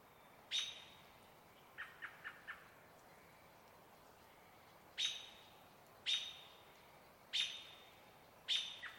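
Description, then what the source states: American Robin: a sharp, high call, then a quick run of four softer, lower notes, then four more sharp, high calls about a second apart. Evening calls, which the recordist says are slightly faster than their morning calls, near a still-water riparian area at Trout Creek Campground, Cascade Mountains, 12 May.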